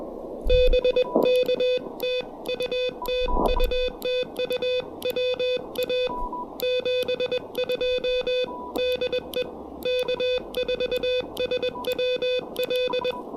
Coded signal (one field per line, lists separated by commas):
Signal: Morse code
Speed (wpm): 21 wpm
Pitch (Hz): 3500 Hz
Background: none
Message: BK TU TU TU WA 72 DE K4SWL